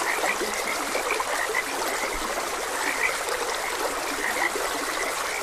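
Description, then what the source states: Frogs give short, spaced croaks now and then, partly masked by the constant splashing trickle of stream water. Several frogs croaking beside a gentle stream.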